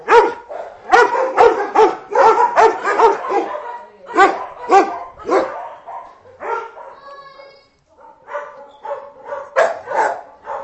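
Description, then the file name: Dog barking in bursts, several sharp barks close together, then a few whiny higher notes, a short pause and more barks near the end. "Hunde Bellen"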